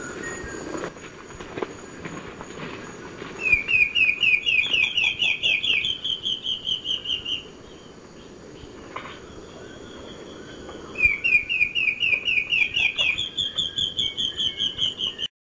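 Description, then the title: Black-faced antbird song, a rapid series of short high notes stepping slightly upward then levelling, given twice, with a faint high insect buzz behind. Subspecies elegans. "LuckyPassaro Completos2Sama. Black-faced Antbird (Myrmoborus myotherinus elegans)"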